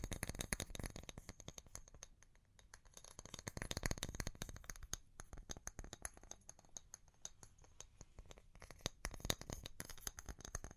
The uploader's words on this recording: ASMR Pure Tapping Fast and Slow (No Talking).